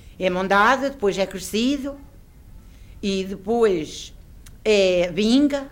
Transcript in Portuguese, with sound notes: É mondado, depois é crescido [pausa] e depois é vinga;